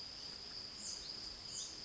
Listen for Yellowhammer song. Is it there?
no